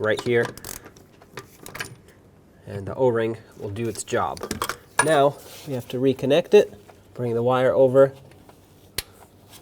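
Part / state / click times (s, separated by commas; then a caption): wiring harness plug into MAP sensor / seated / 9.0 s. Someone talks while a wiring harness plug is brought over and pressed onto the new MAP sensor, fitted with its O-ring, on a 2008-2010 Ford F-250 with the 6.4L diesel, with faint handling ticks early on. The plug clicks in with a sharp snap at 9.0 s, and it is seated and confirmed locked.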